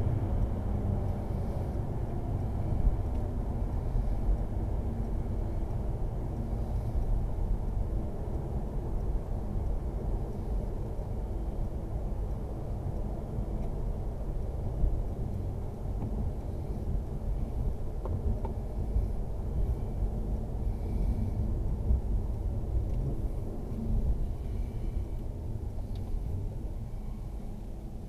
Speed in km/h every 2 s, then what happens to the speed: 85, 79, 75, 73, 70, 65, 63, 62, 61, 60, 55, 48, 39, 23.
0-28 slows to 23.